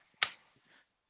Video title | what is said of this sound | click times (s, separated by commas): Transradial Coil Embolization of a Type IB Endoleak post EVAR and Common Iliac Artery Aneurysm | You hear the click. It's detached. | 0.2 s